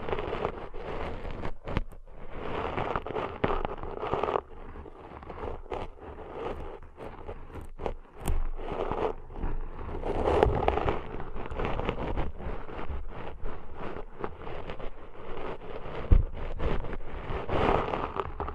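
Deep ear cleaning sounds: a dense, continuous run of scratching, rubbing and crackling, with quick rustles packed closely together. The texture stays busy throughout, dipping briefly near 2, 4.5 and 8 seconds, with a low rumble underneath and a sharp click around 16 seconds.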